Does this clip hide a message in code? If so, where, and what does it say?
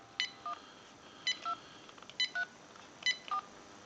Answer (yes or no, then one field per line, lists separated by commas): yes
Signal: DTMF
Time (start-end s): 0.4-3.4 s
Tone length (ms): 100 ms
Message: 1 2 3 4